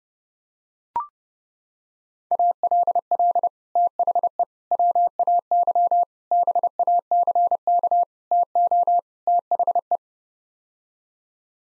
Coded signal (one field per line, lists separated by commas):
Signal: Morse code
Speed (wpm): 30 wpm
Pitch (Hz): 700 Hz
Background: none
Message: ALL THE WAY BACK TO THE